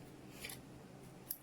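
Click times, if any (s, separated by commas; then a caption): 1.3 s. A male XLR plug on a 5 m SHULIANCABLE extension cable with aluminium-shelled connectors is pushed into the female XLR connector of another cable, after first finding the right orientation. A soft scrape of the connectors meeting is heard around 0.5 s, then a sharp, bright click at 1.3 s as the plug clips in and holds very firmly.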